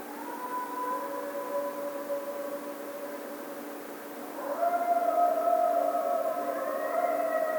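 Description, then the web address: Coyote howling in long, steady tonal wails with clear overtones, holding level and then stepping up to a louder, higher note about halfway through. Howling; 1 February 2010. "Coyote 2010 02 01 17 howl"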